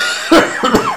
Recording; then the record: coughing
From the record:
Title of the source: Spring Allergy Coughing